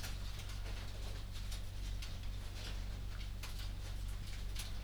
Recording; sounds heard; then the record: poultry house recording; no chicken sound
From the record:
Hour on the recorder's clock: 22